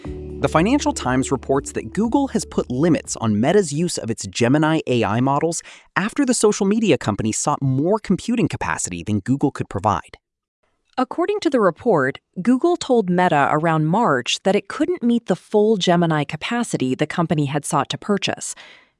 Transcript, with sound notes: The Financial Times reports that Google has put limits on Meta’s use of its Gemini AI models after the social media company sought more computing capacity than Google could provide.
[thoughtful] According to the report, Google told Meta around March that it couldn’t meet the full Gemini capacity the company had sought to purchase.